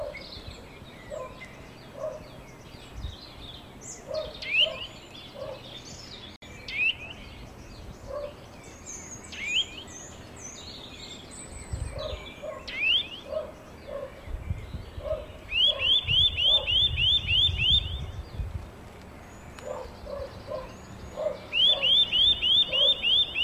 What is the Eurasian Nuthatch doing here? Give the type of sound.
song